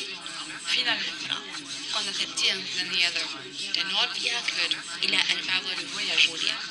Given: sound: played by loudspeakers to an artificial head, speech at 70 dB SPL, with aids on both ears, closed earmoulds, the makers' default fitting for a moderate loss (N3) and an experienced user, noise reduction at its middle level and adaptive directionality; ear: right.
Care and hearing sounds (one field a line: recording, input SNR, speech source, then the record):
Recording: speech test signal (ISTS) in cocktail-party noise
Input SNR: -3 dB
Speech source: on the right (90 degrees)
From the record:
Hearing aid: class 1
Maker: B